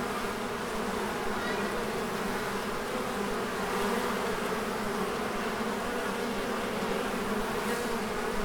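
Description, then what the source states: Honey bees buzzing in a dense, steady hum that holds without pause throughout. Recorded at a beehive.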